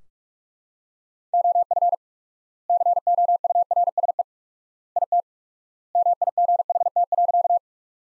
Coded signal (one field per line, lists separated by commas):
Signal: Morse code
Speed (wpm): 44 wpm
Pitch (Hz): 700 Hz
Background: none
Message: OF COURSE IT MIGHT.